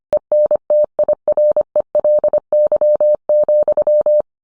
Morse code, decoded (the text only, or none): ENTIRELY,